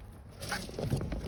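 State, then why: Not seated. On a VW Golf MK5, the plastic cabin air filter holder is hooked into its slots and slid into the filter housing under the dashboard, giving soft scraping and rubbing handling noise with a couple of faint brief knocks near the end. The holder is still being handled and nothing has seated or clicked yet.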